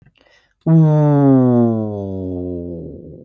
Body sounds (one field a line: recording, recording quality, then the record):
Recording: sustained vowel as in boot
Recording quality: excellent, no background noise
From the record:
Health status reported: healthy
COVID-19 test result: negative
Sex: male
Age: 29 years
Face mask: not worn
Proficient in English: yes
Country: United States